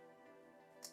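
An older-style watch band is worked onto a Fitbit Sense smartwatch body with some effort, over a steady tonal musical background. A sharp, short click at 0.9 s marks the band snapping into place in the watch case, seated.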